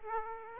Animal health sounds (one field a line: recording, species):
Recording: mosquito wingbeat signal from an infrared sensor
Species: Aedes aegypti